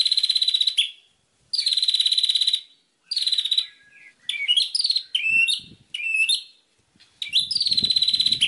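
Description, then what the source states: White-rumped shama singing long buzzy pulsed trills alternating with shorter varied whistled phrases and chips. Master song recording used for training captive birds.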